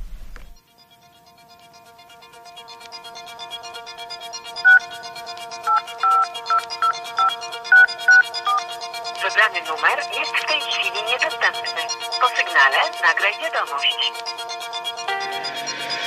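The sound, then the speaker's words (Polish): A phone call ringing with a steady electronic tone and a run of short, evenly spaced beeps before going to voicemail, then a voice leaving a message over the continuing tone. “Nagrywam ci się na telefon, włączyła ci się poczta.”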